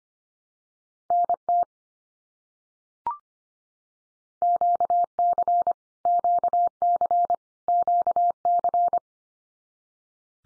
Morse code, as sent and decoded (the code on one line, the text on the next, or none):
-. - / --.- -.-. / --.- -.-. / --.- -.-.
NT QC QC QC